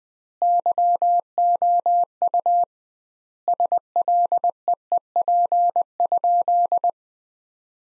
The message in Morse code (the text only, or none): YOU SLEEP?